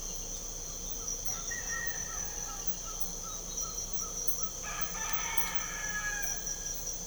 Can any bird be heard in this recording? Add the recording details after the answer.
yes. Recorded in pastures near Puerto Asís, Putumayo, Colombia, on 18 December 2024 at 05:30. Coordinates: 0.497, -76.327. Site G088